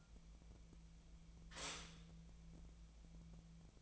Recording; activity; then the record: daily activity, microphone in the room; stop toaster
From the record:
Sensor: 1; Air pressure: 1000.3 hPa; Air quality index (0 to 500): 160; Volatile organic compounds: 3 ppm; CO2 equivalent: 1494 ppm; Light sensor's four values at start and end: 27/69/29/34 and 28/69/29/35